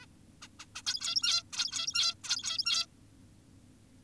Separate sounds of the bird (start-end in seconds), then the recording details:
0.02-0.06, 0.42-0.48, 0.60-0.66, 0.76-0.82, 0.86-1.43, 1.53-2.14, 2.24-2.86. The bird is an adult. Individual g17y2U